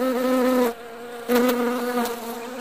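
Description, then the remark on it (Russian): In the Fontainebleau forest, an insect buzzes with a steady, low droning hum, dips away for about half a second, then returns strongly before gradually tapering off. No voices. “За ним раздалось еле слышное гудение.”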